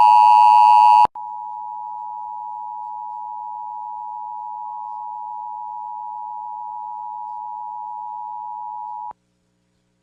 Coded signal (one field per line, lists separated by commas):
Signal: Emergency Alert System (SAME) tones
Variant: 853 and 960 Hz attention tone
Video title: [EAS #71] Flash Flood Warning (NJTV)